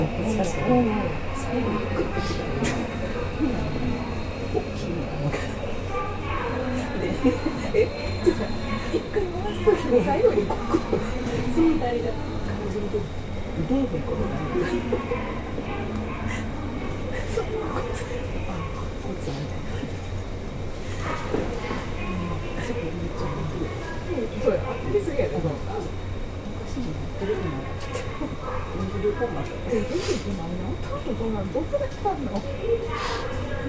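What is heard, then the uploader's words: A local train on the Yamatoji line, with a steady low hum running underneath throughout. Murmured voices of passengers talking fill the middle, dense and continuous, while occasional clicks and brief sharper sounds break through every few seconds, around 10, 20 and 30 seconds. JR西日本 201系 大和路線 久宝寺からJR難波まで. JR西日本２０１系電車の走行音です。 大和路線の普通電車で録音しました。 It is the running sound of JR West 201 train. I recorded on the Yamatoji line's local train. The section is from Kyuhoji to JR Nammba.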